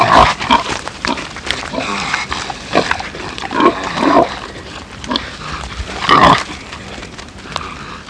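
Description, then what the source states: Pigs giving several loud, short squeals between rough grunts and scattered knocking sounds. Several pigs, described as loud.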